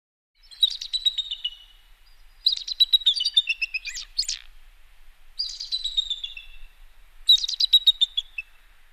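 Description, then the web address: Bird singing high, rapid twittering phrases of chirps and trills, four bursts separated by short pauses, with notes sliding slightly downward. "Звуки Птицы"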